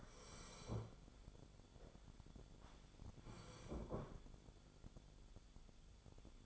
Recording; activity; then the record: daily activity, microphone in the room; sit down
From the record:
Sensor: 5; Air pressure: 1015.3 hPa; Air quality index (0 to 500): 189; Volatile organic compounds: 8 ppm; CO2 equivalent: 2057 ppm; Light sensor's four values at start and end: 35/80/32/31 and 35/80/32/31